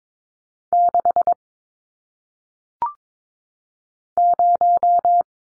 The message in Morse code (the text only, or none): 6 0